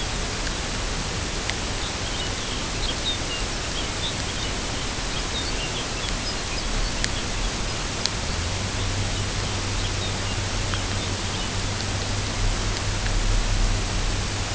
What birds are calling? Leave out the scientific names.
Lapland Longspur